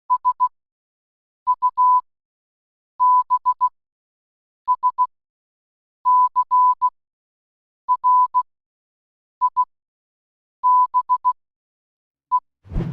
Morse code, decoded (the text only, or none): SUBSCRIBE